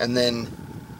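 A flashlight, an Olight S30R III Baton, is being handled at its desktop charging station while someone talks. Nothing has clicked or seated into the charging dock yet.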